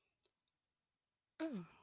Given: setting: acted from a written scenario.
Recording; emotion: vocal sound without words; romantic love